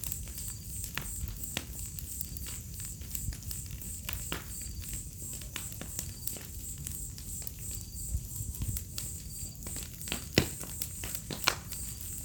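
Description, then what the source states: Crickets chirping in a steady, very high continuous trill throughout, with frequent pops and crackles of a burning fire and a low background rumble. Symphony of crickets on an autumn night beside a crackling bonfire, in a village in the middle of Mata Atlântica rainforest.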